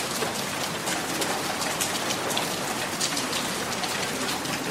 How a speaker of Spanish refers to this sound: ¿No sienten esa lluvia que moja ahora mismo nuestros rostros?